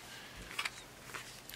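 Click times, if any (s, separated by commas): 0.6 s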